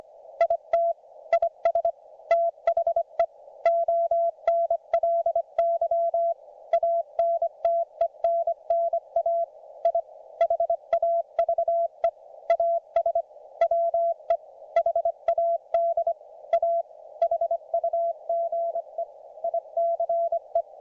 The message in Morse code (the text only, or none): IT IS THE ONLY ANTENNA I HAVE AS WE HAD A HUGE ICE